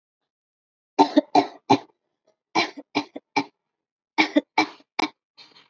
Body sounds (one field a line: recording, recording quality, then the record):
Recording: shallow voluntary cough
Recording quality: excellent, no background noise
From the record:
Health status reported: healthy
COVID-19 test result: negative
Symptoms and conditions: none ticked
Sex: female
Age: 19 years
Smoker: not ticked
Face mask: not worn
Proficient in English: yes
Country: India